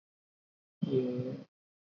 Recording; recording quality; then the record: sustained vowel as in made; excellent, no background noise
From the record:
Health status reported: respiratory illness, not identified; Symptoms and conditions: fever, fatigue, muscle pain, diarrhoea, asthma, hypertension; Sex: male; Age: 42 years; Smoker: yes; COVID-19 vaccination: both doses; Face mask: worn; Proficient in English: yes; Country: India